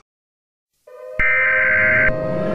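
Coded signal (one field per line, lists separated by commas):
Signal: Emergency Alert System (SAME) tones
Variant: header bursts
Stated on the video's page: Fictional EAS scenario about a Herobrine attack.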